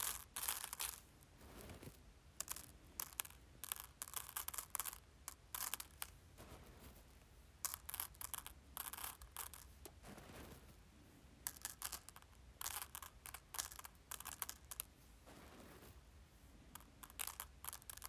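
Rice is stirred and shuffled by hand in a steady stream of dry, crunchy rustling and clicking grains. Denser bursts come every second or so, with brief quieter gaps, over a faint low hum that runs throughout.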